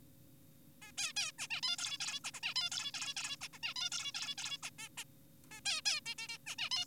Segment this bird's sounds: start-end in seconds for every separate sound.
0.82-0.92, 0.98-1.13, 1.16-1.32, 1.39-1.48, 1.51-1.61, 1.63-1.76, 1.78-1.98, 2.00-2.20, 2.24-2.31, 2.34-2.40, 2.43-2.54, 2.56-2.70, 2.72-2.92, 2.94-3.14, 3.17-3.36, 3.42-3.48, 3.53-3.58, 3.63-3.74, 3.76-3.90, 3.92-4.12, 4.14-4.35, 4.38-4.58, 4.63-4.70, 4.79-4.89, 4.98-5.04, 5.51-5.61, 5.66-5.82, 5.86-6.01, 6.06-6.15, 6.18-6.28, 6.29-6.38, 6.47-6.55, 6.58-6.69, 6.72-6.85